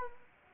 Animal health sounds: mosquito wingbeat signal from an infrared sensor; Anopheles arabiensis

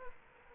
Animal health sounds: mosquito wingbeat signal from an infrared sensor; Culex quinquefasciatus

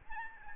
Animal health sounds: mosquito wingbeat signal from an infrared sensor; Aedes albopictus

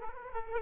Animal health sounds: mosquito wingbeat signal from an infrared sensor; Aedes aegypti

